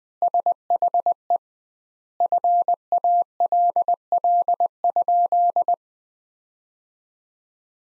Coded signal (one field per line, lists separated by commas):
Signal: Morse code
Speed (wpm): 20 wpm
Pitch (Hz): 700 Hz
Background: none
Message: SHE FALL?